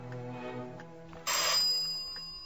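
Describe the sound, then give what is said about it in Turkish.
A doorbell rings with steady, tonal chiming, then jumps into a louder, harsher buzzing ring about halfway through that carries on to the end. No one speaks. “Kapı çalıyor.”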